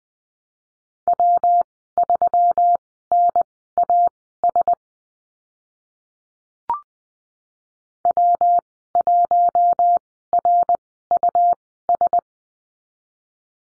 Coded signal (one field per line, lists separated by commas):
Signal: Morse code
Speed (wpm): 20 wpm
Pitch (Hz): 700 Hz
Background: none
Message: W3NAS W1RUS